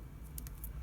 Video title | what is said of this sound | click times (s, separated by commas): EMG Lab Demo Part 1 - Signal Check | usually you'll hear a little a little snapping sound | 0.4 s